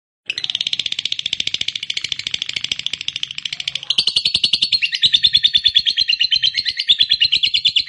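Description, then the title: Lovebird song, a fast, buzzy, steady chatter that grows louder and shifts slightly higher in pitch halfway through, continuing without pause. Lovebird said to be lazy or reluctant to sing, prompted into spontaneous, eager singing. "LOVEBIRD Malas Bunyi JADI GREGET SPONTAN Langsung NARIK"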